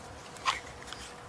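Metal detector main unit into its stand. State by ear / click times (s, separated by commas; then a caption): not seated / none. The back of a metal detector's main unit is slid into its plastic stand to join the two into one unit. A brief scraping handling sound peaks around 0.5 s, then a faint short tick comes at 0.9 s against quiet background. Nothing has seated or clicked yet.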